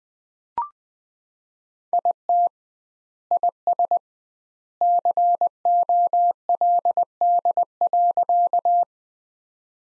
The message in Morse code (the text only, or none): IT IS COLD.